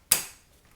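A plastic ink cartridge is glided into its slot in the inkjet printer carriage of an Epson XP-7100 and pushed. One sharp, loud click at 0.1 seconds rings bright across the high frequencies and fades over about a quarter second. The cartridge snaps home and is seated.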